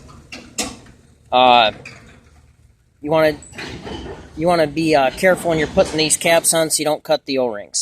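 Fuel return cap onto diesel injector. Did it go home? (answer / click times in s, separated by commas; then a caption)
yes / 0.6 s. A fuel return line cap is twisted down onto a diesel injector until it seats, with a sharp click at 0.6 s. Someone talks through most of the clip after the click.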